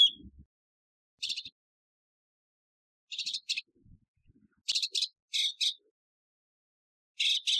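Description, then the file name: Northern mockingbird song: harsh, buzzy, chattering notes in short bursts, often doubled, separated by short pauses, with faint low thumps at the start. "Mimus polyglottos"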